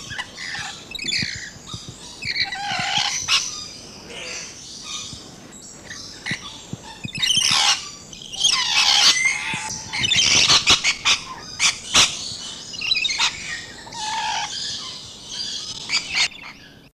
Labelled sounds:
Red-collared Lorikeet call

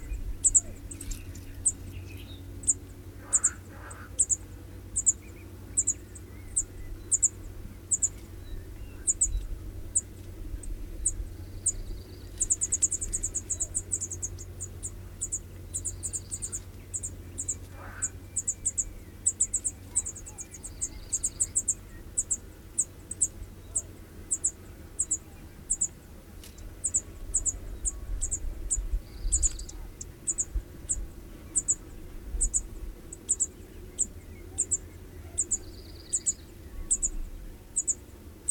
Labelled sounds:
Cirl Bunting call

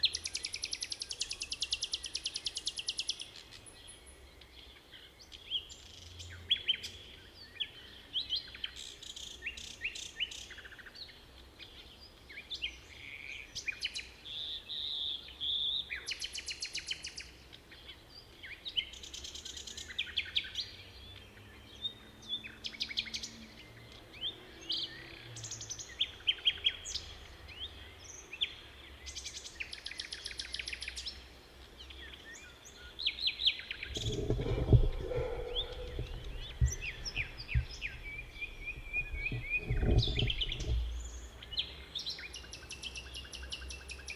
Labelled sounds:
Common Nightingale song

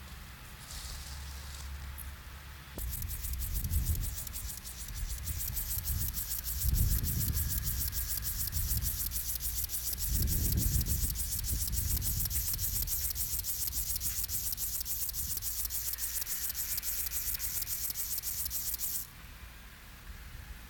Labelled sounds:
Upland Field Grasshopper stridulation

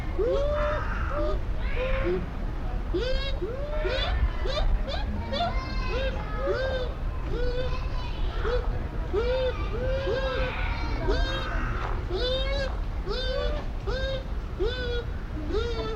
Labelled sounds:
Bush Dog

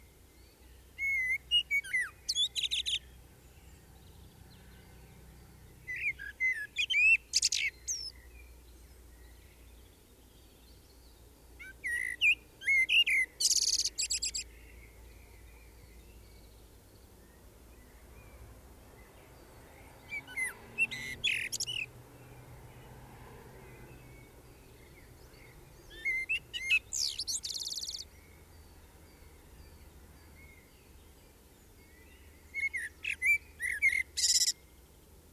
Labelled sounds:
Common Blackbird song

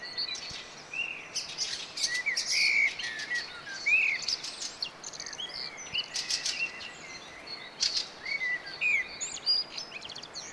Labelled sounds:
Common Blackbird song

